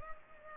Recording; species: mosquito wingbeat signal from an infrared sensor; Culex pipiens